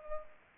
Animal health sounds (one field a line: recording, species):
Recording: mosquito wingbeat signal from an infrared sensor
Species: Culex pipiens